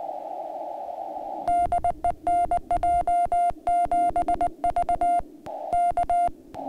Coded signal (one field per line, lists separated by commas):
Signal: Morse code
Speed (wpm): 20 wpm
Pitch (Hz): 2100 Hz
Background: none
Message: DE NJ7V K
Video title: Morse Code Backup Paddle by N6ARA Electronics